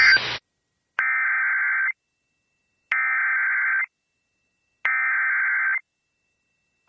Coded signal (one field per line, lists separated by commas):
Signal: Emergency Alert System (SAME) tones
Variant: header bursts